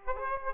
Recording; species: mosquito wingbeat signal from an infrared sensor; Aedes aegypti